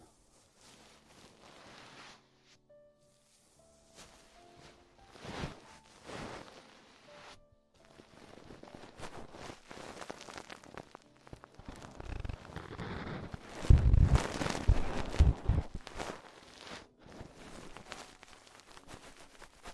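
Ear exploration sounds of soft crackles, rubbing and tapping, sparse at first, growing denser and louder around thirteen to fifteen seconds, with faint tones.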